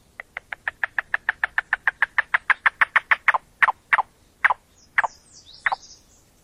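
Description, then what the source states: Yellow-billed Cuckoo call: a long run of hollow knocking notes, evenly paced at first, then slowing into a few drawn-out notes, with faint high thin notes at the end. Vocalizations from a survey.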